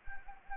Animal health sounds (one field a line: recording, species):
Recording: mosquito wingbeat signal from an infrared sensor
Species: Anopheles gambiae